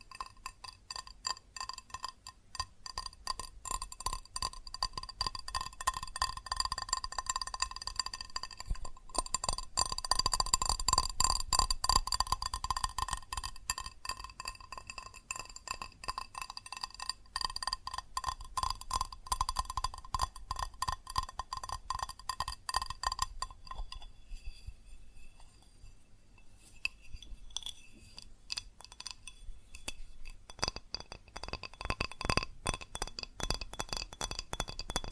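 Fast, dense tapping on glass and ceramic objects, a rapid stream of bright clinks and ticks with ringing tones. It runs steadily, fullest around ten to twelve seconds, then thins and quiets near twenty-five seconds before picking back up toward the end.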